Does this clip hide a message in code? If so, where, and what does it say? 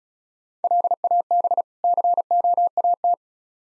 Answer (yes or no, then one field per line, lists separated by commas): yes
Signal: Morse code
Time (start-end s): 0.6-3.1 s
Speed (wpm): 35 wpm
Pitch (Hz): 700 Hz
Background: none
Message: LAB COAT